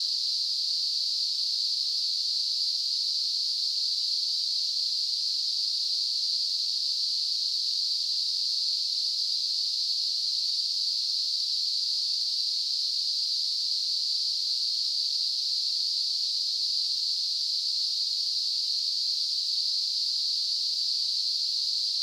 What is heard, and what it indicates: Tinnitus.